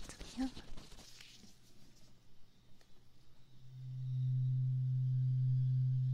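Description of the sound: Faint room noise, then a steady low-pitched tone that rises in and holds to the end: a hearing test tone in a role-played ear exam, checking hearing because the ear disease may have affected it; the listener is to say stop once the tone can no longer be heard.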